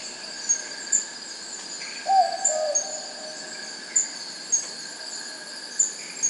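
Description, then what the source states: Sooty Owl producing a single falling whistled note with a fainter echo-like follow-up, amid persistent high cricket chirps and trills. Recorded at night in forest by an acoustic recorder deployed to detect koala calls.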